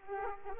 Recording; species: mosquito wingbeat signal from an infrared sensor; Aedes aegypti